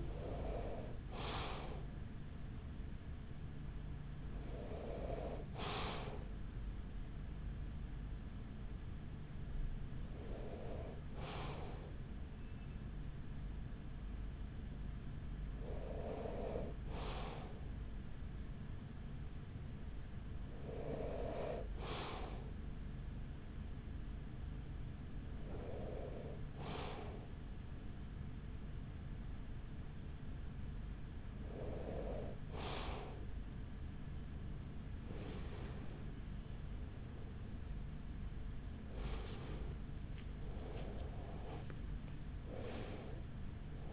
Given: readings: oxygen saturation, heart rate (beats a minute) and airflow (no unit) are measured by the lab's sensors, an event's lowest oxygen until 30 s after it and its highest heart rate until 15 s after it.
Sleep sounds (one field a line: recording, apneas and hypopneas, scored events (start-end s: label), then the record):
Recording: breathing in sleep by a smartphone at the bedside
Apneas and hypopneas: 1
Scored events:
20.00-39.30 s: hypopnea (N2, oxygen 95% highest, then 94% lowest, heart rate 44 at the start, 54 highest)
40.00-43.93 s: new sleep stage, N1 (lightest sleep)
From the record:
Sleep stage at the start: N2 (light sleep)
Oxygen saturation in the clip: 94 to 95%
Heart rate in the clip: 43 to 49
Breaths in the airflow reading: 9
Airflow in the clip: -9.0 to 8.1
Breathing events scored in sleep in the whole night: 207 in 7.6 hours asleep